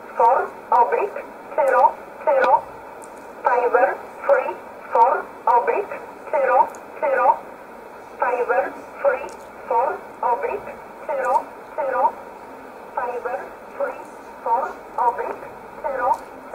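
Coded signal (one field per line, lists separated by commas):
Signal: numbers station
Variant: E11 Oblique, English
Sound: a flat voice reading short words at a steady rhythm, about one every 0.7 seconds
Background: radio static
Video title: 01 06 2020 E11 Oblique Numbers station in English 0901 on 7449 unknown tx site in USB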